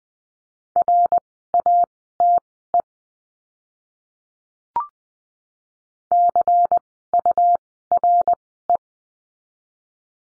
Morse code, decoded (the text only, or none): RATE CURE